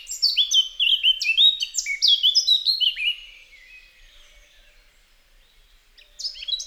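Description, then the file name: Eurasian blackcap warble, a burst of hurried, varied whistled notes lasting about three seconds, followed by quiet, then a new phrase begins. "Sylvia atricapilla"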